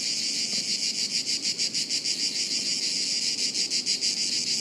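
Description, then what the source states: Chorus of cicadas giving a steady shrill buzz, throbbing in quick regular pulses throughout. Chorus of cicadas high in trees overhead, woods near Sirolo, Italy, hot afternoon, August 23.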